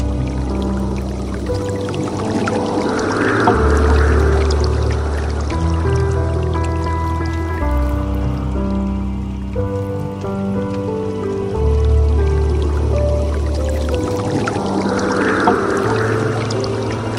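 Soft piano chords move slowly over a deep bass note, changing roughly every two seconds, while a gentle water stream trickles steadily underneath. The stream's hiss stays constant throughout, even, with the music swelling slightly around the fourth and fifteenth seconds.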